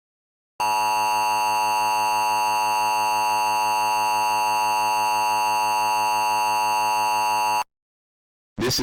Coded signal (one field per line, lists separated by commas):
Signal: Emergency Alert System (SAME) tones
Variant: 853 and 960 Hz attention tone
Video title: EAS MOCK 13: AMBER ALERT ILLINOIS